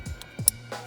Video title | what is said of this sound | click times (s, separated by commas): $55 vs $145 F1 Style Brake Light - 2022+ Subaru WRX | Be sure that it clicks in place | 0.5 s